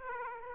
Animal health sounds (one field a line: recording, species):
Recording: mosquito wingbeat signal from an infrared sensor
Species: Aedes aegypti